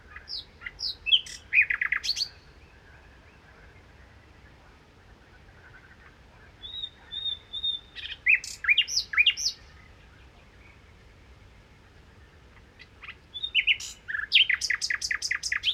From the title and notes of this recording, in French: Rossignol à quatre micros. Crau - Bouches du Rhône - Nagra seven - cardio mkh8040 - omni mkh8020. Le tout sur le chant rafraîchissant d'un Rossignol philomèle.